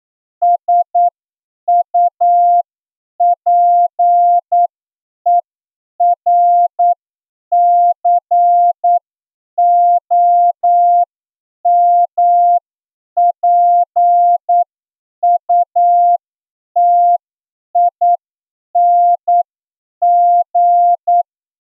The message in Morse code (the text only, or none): SUPERCOMPUTING